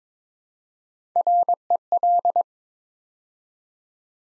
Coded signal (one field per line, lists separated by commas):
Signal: Morse code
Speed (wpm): 23 wpm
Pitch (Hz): 700 Hz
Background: none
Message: REL